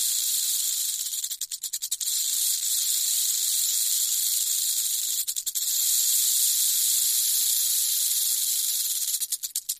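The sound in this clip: Rattlesnake rattle, a continuous high sizzling buzz with a few brief stuttering breaks before it stops.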